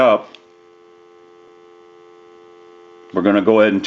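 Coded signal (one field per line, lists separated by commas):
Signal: telephone call progress tone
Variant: North America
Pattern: dial tone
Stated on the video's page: Call progress tone heard on a rotary dial desk telephone during checkout and repair.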